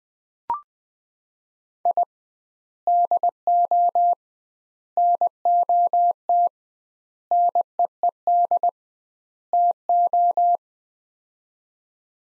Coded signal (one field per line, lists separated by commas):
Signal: Morse code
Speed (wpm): 20 wpm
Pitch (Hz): 700 Hz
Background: none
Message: I DO NOT NEED TO